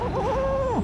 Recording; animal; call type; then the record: contact call of a hoofed animal; goat; low-frequency (closed-mouth) or high-frequency (open-mouth) call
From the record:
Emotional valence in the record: negative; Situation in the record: short social isolation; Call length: 0.84 s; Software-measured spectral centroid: 1500 Hz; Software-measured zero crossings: 1220 a second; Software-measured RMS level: -24 dBFS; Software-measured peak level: -14 dBFS